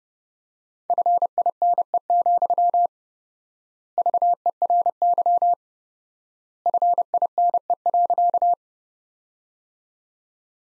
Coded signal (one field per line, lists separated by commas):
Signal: Morse code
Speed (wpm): 30 wpm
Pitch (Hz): 700 Hz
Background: none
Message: FINE, VERY FINE.